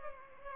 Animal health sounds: mosquito wingbeat signal from an infrared sensor; Culex pipiens

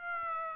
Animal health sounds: mosquito wingbeat signal from an infrared sensor; Aedes aegypti

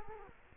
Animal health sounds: mosquito wingbeat signal from an infrared sensor; Culex quinquefasciatus

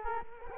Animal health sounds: mosquito wingbeat signal from an infrared sensor; Culex quinquefasciatus

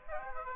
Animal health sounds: mosquito wingbeat signal from an infrared sensor; Aedes aegypti

